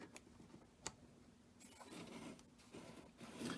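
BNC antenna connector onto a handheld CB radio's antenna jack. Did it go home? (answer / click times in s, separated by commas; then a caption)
yes / 0.9 s. A BNC bayonet antenna connector is twisted onto the metal antenna jack of a Cobra handheld CB radio and locks into place, with a sharp click at 0.9 s. A softer tick comes just before, and light rustling and scraping handling noise follows.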